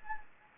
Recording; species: mosquito wingbeat signal from an infrared sensor; Anopheles gambiae